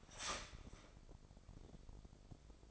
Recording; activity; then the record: daily activity, microphone in the room; start toaster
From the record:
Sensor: 5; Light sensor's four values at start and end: 35/84/34/34 and 35/84/34/34